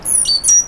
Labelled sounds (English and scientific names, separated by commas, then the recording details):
Stitchbird (Notiomystis cincta) song
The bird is a male
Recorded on Tiritiri Matangi Island, New Zealand, in 2005
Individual 1, of nest box 1